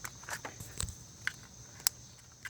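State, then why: Seated. A plastic wiring-harness electrical connector is pushed back onto the ignition coil pack of a 2012–2016 Chevy Sonic 1.8 after a spark plug change. A few faint taps and scrapes come first, then a sharp, short click at 1.9 s as the connector seats.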